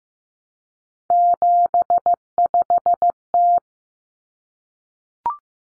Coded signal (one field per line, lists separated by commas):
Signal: Morse code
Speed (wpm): 15 wpm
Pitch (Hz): 700 Hz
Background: none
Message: 75T